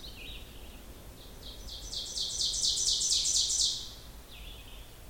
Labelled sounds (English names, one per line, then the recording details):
Ovenbird song
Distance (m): 20 m
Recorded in boreal forest in Alberta, Canada, on 16 June 2016 at 06:01
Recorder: SongMeter 3, array SBT-3-32
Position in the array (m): 89 m, 23 m
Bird 36